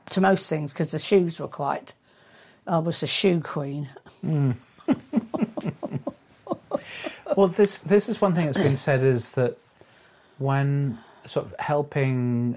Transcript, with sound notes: to most things ‘cos the Shoes were quite… I was the ‘Shoe Queen’ (laughs)
This is one thing that’s been said is that when sort of helping